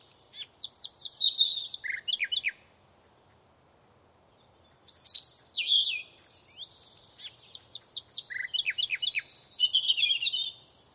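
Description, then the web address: Bird song in quick twittering phrases of sharp, high descending notes, three bursts separated by pauses. Birdsong on a summer morning. "Tom Hutchings Birdsong Summer Morning"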